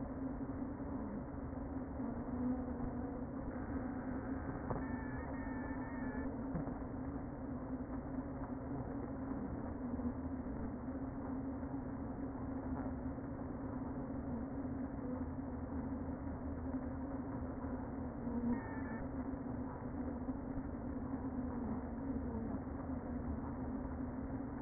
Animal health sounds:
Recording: honeybee colony, microphone inside the hive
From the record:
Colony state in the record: queen present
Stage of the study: before two queens were removed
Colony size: about 60,000 bees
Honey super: yes

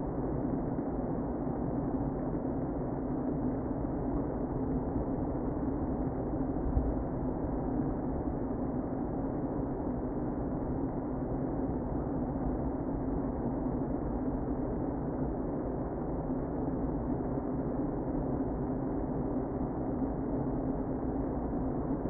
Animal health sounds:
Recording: honeybee colony, microphone inside the hive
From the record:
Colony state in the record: queen present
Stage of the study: before two queens were removed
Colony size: about 60,000 bees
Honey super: yes

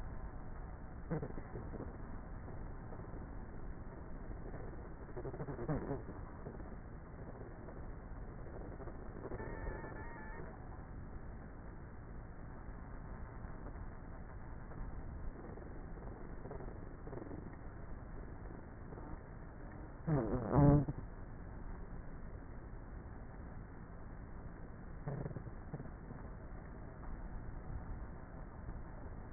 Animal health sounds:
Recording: honeybee colony, microphone inside the hive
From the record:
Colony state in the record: queenless with a low population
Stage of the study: before two queens were removed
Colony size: about 30,000 bees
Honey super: no

